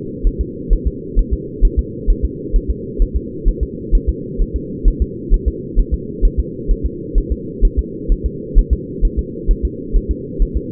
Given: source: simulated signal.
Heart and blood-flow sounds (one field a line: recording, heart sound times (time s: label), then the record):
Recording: fetal heart sounds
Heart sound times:
0.27 s: S1
0.41 s: S2
0.73 s: S1
0.87 s: S2
1.19 s: S1
1.33 s: S2
1.65 s: S1
1.79 s: S2
2.10 s: S1
2.25 s: S2
2.56 s: S1
2.70 s: S2
3.02 s: S1
3.17 s: S2
3.49 s: S1
3.63 s: S2
3.95 s: S1
4.09 s: S2
4.42 s: S1
4.56 s: S2
4.88 s: S1
5.02 s: S2
5.34 s: S1
5.48 s: S2
5.80 s: S1
5.94 s: S2
6.25 s: S1
6.40 s: S2
6.71 s: S1
6.86 s: S2
7.18 s: S1
7.32 s: S2
7.65 s: S1
7.79 s: S2
8.12 s: S1
8.26 s: S2
8.59 s: S1
8.73 s: S2
9.05 s: S1
9.19 s: S2
9.51 s: S1
9.65 s: S2
9.97 s: S1
10.11 s: S2
10.42 s: S1
10.57 s: S2
From the record:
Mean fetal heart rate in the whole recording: 130 bpm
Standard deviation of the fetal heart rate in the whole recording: 4 bpm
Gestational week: 38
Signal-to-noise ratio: -4.1 dB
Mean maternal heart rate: no maternal heart sound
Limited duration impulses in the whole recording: absent